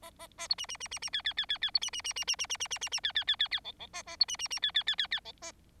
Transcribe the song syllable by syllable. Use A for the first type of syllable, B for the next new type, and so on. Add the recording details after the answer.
A A A B C C C C C D D D D D B C C C C C C C C C C C D D D D D E E A A B C C C D D D D D E A. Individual Bird4